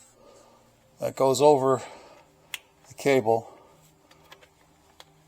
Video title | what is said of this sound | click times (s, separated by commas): 2012 Scion IQ Starter Installation | protects it, then snaps right in. I just did like that. | 5.0 s